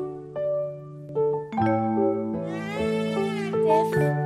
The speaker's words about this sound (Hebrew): החתולים מייללים, הם רעבים ועצובים.